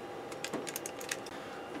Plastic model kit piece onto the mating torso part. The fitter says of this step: then this one is put on top of this to lock into place like so